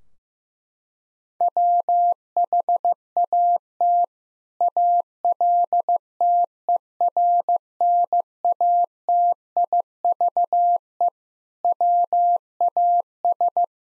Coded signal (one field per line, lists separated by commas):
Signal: Morse code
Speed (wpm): 15 wpm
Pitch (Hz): 700 Hz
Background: none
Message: WHAT ALTERNATIVE WAS